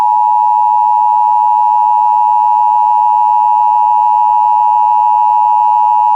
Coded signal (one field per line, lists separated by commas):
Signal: Emergency Alert System (SAME) tones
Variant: 853 and 960 Hz attention tone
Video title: EAS #503-505: 1 NWR and 2 EAS Required Monthly Tests- May 4, 2021